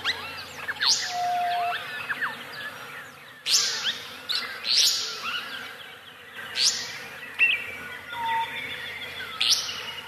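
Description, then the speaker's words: Restless Flycatcher song: harsh buzzy rising bursts in irregular series, with other birds' short whistles and chirps around them. "Song of the Restless Flycatcher from Morning in the Australian Bush."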